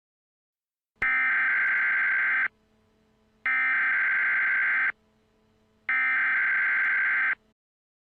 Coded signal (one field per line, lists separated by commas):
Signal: Emergency Alert System (SAME) tones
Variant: header bursts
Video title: EAS Scenario #9: Mickey Error 6 Its Not Over Yet